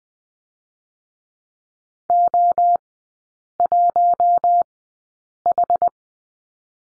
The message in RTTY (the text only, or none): none